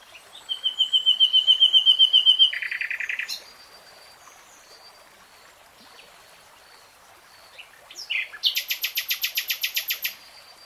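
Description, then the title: Nightingale song: a rapid whistled trill, then a buzzy rattle, a pause with soft faint notes, and a loud repeated chopping phrase near the end. "[Tiếng chim hót] 3 Hours REALTIME Nightingale Singing"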